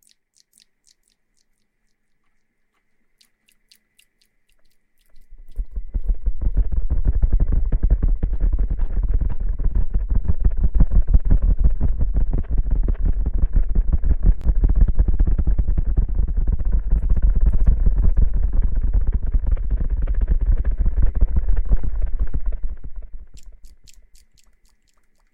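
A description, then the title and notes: After five quiet seconds, water sloshes rapidly in a shaken bottle for about eighteen seconds, a dense low rumbling churn, then fades out. Shaking water bottle & Ear massage.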